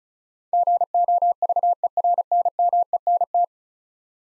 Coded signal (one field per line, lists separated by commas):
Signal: Morse code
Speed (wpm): 36 wpm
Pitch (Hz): 700 Hz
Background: none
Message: GOVERNMENT